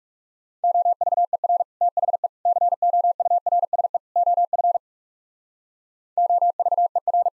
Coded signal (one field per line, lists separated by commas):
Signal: Morse code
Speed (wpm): 39 wpm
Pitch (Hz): 700 Hz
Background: none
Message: OVER THE COURSE OF OVER